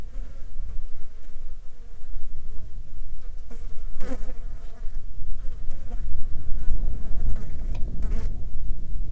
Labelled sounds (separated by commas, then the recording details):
wind, insects
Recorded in the Arctic National Wildlife Refuge, Alaska, on 9 July 2019 at 14:45
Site 35